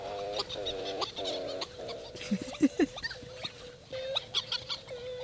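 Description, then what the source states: Hawaiian petrel colony calls: repeated moaning, nasal notes of several birds overlapping, with short sharp yelps and clicks scattered between them. Wild birds calling at their nesting colony on Lanai, Hawaii, in misty evening drizzle above the uluhe ferns where they nest; many birds calling together.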